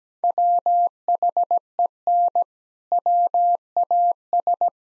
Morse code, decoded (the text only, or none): WHEN WAS